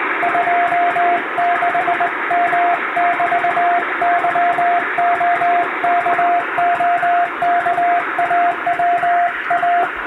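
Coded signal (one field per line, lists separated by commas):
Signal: Morse code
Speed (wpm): 21 wpm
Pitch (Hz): 700 Hz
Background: radio noise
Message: 26M<BT>YOKOKAWA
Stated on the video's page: Hand-keyed Morse practice sent on a straight key by a first-class radiotelegraph operator, using telegram practice texts.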